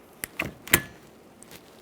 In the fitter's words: Press it towards the passenger side. Listen for a click